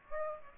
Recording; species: mosquito wingbeat signal from an infrared sensor; Aedes aegypti